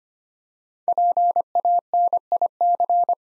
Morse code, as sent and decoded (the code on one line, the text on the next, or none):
.--. .- -. .. -.-.
PANIC